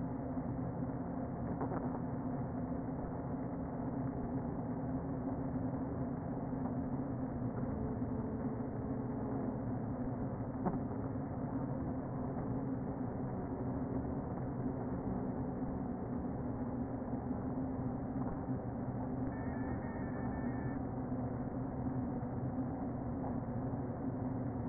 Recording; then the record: honeybee colony, microphone inside the hive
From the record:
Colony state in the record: queen present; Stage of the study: before two queens were removed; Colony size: about 60,000 bees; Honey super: yes